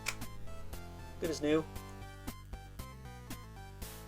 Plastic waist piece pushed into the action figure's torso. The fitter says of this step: It does take a second to lock into place, but there you go.